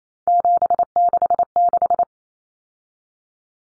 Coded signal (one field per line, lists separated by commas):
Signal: Morse code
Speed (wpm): 28 wpm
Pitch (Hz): 700 Hz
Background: none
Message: 766